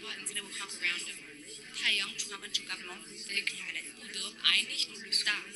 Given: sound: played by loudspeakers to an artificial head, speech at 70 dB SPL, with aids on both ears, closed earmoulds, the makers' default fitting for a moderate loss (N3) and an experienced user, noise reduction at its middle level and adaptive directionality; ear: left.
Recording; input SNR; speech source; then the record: speech test signal (ISTS) in cocktail-party noise; -6 dB; in front (0 degrees)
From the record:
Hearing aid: class 2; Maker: J